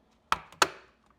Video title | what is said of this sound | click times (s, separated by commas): Samsung Ice Maker Not Working? This Is the Permanent Fix (Step-by-Step Replacement) | then when you get in the top, it should snap right in, just like that. | 0.3 s, 0.6 s